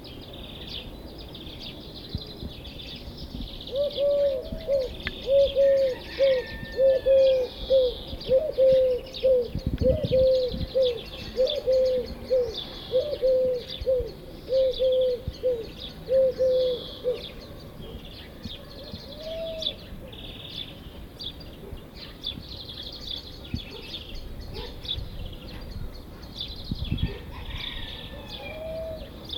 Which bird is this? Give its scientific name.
Streptopelia decaocto